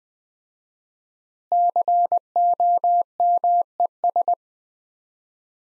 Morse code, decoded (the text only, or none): COMES